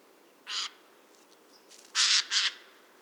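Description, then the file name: Eurasian jay giving harsh, rasping screeches: one short burst, a pause, then two loud screeches in quick succession near the end. "Garrulus glandarius"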